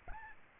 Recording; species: mosquito wingbeat signal from an infrared sensor; Aedes albopictus